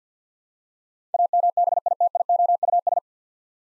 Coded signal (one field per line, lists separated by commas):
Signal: Morse code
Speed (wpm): 50 wpm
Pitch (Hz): 700 Hz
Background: none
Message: AMBITIOUS